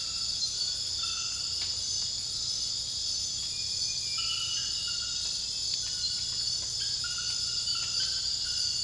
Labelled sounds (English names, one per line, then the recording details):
none
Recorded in secondary vegetation near Puerto Asís, Putumayo, Colombia, on 18 February 2024 at 00:00
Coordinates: 0.481, -76.323
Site G6376